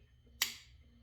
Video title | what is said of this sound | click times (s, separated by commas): Shear pin replacementand carb cleaning on this briggs | That's what you want to hear. That that lets you know that that track is in those little prongs. | 0.4 s